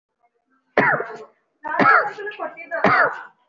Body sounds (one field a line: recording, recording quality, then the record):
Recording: shallow voluntary cough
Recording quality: excellent, no background noise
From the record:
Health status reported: recovered from COVID-19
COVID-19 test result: positive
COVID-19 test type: RT-PCR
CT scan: not taken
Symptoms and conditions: cough, cold, sore throat, fatigue, muscle pain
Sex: male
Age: 37 years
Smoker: no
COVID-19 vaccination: both doses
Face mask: worn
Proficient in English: yes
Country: India